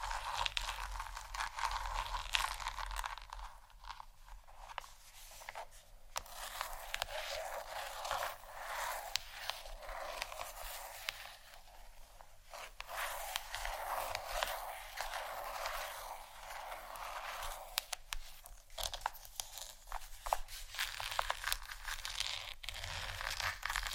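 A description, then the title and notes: Gentle scratching runs throughout as a dense, continuous rasp, with crisp crunchy strokes that swell and fade every second or so. The sound stays bright and airy with little low end, and its level holds fairly steady across the whole stretch. ASMR Gentle Scratching For Sleep（No Talking）.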